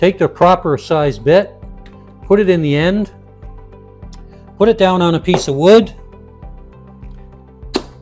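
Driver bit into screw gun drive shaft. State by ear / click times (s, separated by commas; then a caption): seated / 7.8 s. Someone talks over background music while a proper-size screwdriver bit is put into the end of a QuickDrive auto-feed screw gun attachment and pushed down on a piece of wood. A short, sharp click at 7.8 s is the bit snapping into the driver shaft, where it is now locked in place.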